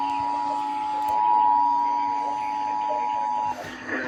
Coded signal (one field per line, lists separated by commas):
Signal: Emergency Alert System (SAME) tones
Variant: 853 and 960 Hz attention tone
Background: speech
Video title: EAS #47 Servere Thunderstorm Warning